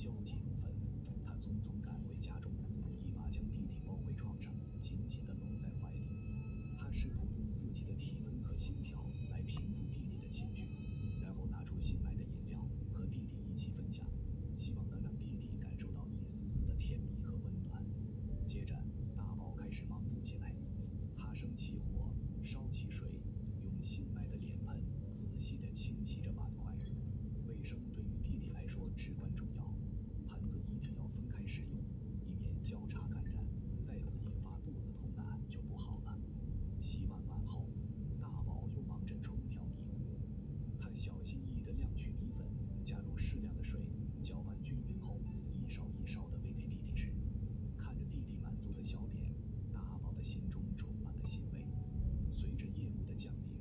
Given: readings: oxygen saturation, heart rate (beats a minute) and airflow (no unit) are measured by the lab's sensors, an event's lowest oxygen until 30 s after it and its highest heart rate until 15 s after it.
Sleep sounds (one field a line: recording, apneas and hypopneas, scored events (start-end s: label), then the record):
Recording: a person awake in a sleep study, by a smartphone at the bedside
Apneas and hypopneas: none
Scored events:
0.00-53.61 s: awake
From the record:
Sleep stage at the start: awake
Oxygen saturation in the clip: 95 to 97%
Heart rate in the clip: 67 to 72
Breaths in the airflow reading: 11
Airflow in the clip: -2.6 to 3.9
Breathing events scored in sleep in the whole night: 131 in 7.2 hours asleep